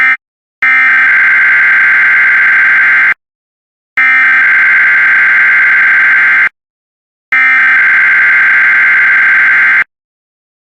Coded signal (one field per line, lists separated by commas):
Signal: Emergency Alert System (SAME) tones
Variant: header bursts